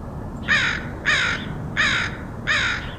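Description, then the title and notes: Crow cawing, four loud hoarse caws evenly spaced roughly every half second to second, with a faint low rumble underneath. Crows recorded in Portland, Oregon, USA, in August 2003. "Crows of Portland. Crows recorded by Dan Bodah in Portland, OR, August 2003"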